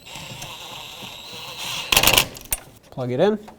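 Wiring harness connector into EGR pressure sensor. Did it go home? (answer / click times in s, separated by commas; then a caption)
no / none. A wiring harness connector is handled at a new EGR pressure sensor on a 1997–2003 Ford F-150, with a burst of rattling and scraping from about 1.9 to 2.2 s and a sharp tap at 2.5 s over a steady low hum. Someone talks near the end. The connector has not seated or clicked yet.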